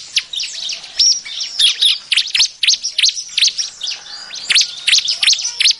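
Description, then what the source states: Bar-winged prinia delivering a steady stream of rapid, sharp downslurred chirps. Noisy, agitated calling offered as an effective lure sound for attracting birds.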